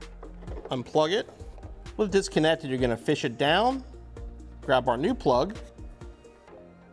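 On a 2018-2023 Mustang, the original headlight plug is unplugged from behind the bumper and fished down to meet the new plug-and-play wiring harness connector for a Diode Dynamics LED fog light and sequential turn signal install. Someone talks over background music, with faint handling noise and brief soft knocks near 0.2 s and 6.0 s. Nothing has seated or clicked yet.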